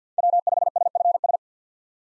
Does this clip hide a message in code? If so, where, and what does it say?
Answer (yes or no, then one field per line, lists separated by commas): yes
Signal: Morse code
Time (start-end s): 0.2-1.4 s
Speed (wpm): 50 wpm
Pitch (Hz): 700 Hz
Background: none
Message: W5SFS